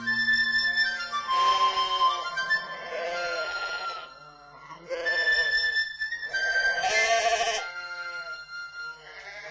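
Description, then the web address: Sheep bleating in wavering, quavering bursts of about a second each, set over a soft musical backing of sustained tones and low notes. "Pesni Happy Baby series Nature Happy Babies Series-Nature - Sheep"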